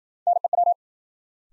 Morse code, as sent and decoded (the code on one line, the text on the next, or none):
-. . .--
NEW